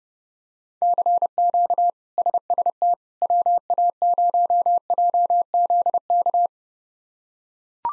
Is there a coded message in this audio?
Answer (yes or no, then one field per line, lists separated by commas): yes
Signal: Morse code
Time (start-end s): 0.8-6.5 s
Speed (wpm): 32 wpm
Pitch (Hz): 700 Hz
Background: none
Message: CQ SST WA0JZK